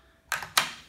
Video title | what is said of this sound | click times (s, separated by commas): How To Lubricate A Sticky Starter On A Chain Saw or Weed Eater | It just snaps back into place like that. | 0.3 s, 0.6 s